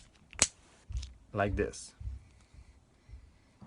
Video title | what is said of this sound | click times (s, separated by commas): How to install Bosch Icon I&L arm | you hear this click like | 0.4 s